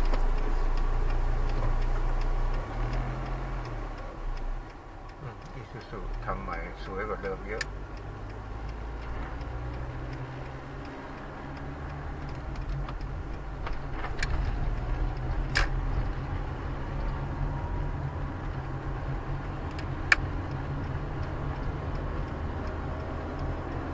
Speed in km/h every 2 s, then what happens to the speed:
0, 0, 3, 5, 11, 13, 16, 19, 23, 27, 28, 31.
0-3 standing. 3-24 pulls away to 31.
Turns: 7-15.